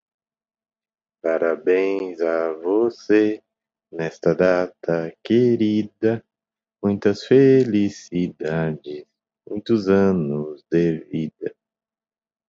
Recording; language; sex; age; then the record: short text; Brazilian Portuguese; male; 40 to 49 years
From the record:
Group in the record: control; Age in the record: 41 years